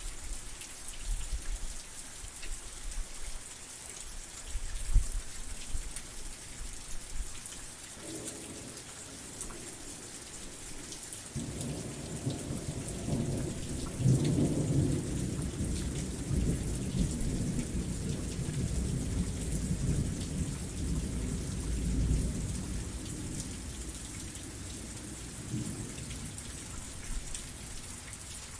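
Thunderstorm with steady hissing rain throughout, a sharp crack near five seconds, and long low rumbling thunder rolling from about eleven seconds on.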